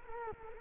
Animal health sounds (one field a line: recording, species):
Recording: mosquito wingbeat signal from an infrared sensor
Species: Culex quinquefasciatus